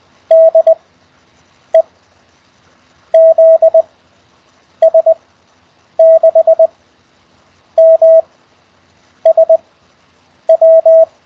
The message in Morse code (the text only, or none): DE ZS6MSW